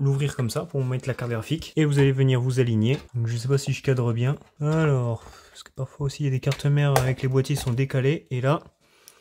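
An RTX graphics card is being handled and lined up over a motherboard's PCIe x16 slot, with the plastic retention clip opened, while someone talks almost throughout. Two brief knocks are heard at the very end. Nothing has seated or clicked yet.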